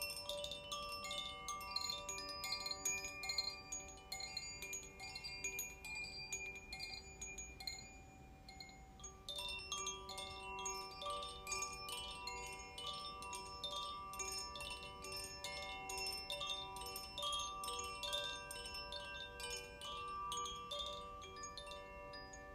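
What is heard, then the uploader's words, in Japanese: Wind chimes ring continuously in a dense, glittering shower of bright, clear tones, struck rapidly and irregularly throughout. Long sustained notes overlap and hang in the air, with a brief thinning around nine seconds before the shimmering strikes pick up again. 天気雨 #コシチャイム #ザフィアチャイム。キラキラ輝く煌めきと静かに降る天気雨をチャイムで奏でました。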